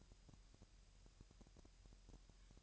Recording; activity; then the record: daily activity, microphone in the room; take from stove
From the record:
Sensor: 2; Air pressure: 1001.8 hPa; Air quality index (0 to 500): 249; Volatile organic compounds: 37 ppm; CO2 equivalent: 3101 ppm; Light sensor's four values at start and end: 5/11/5/5 and 5/11/5/5